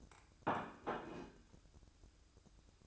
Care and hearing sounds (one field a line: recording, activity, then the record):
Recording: daily activity, microphone in the room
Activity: place plate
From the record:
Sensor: 2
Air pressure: 1007.3 hPa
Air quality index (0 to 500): 40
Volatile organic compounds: 1 ppm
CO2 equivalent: 542 ppm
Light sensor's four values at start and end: 6/15/6/6 and 6/15/6/6